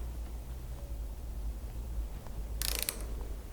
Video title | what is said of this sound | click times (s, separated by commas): Triumph Trident - Install: Handguards from SW-MOTECH | because it is ah there was the first click let me give it a second click now we are fine | 2.6 s